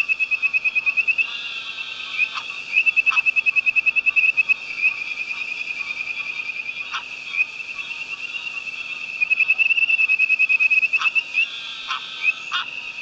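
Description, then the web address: Tree frog chorus as a constant high hum, broken by bursts of rapid, evenly pulsed trills and a few scattered sharp clicks. "Hylidae"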